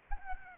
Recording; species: mosquito wingbeat signal from an infrared sensor; Aedes albopictus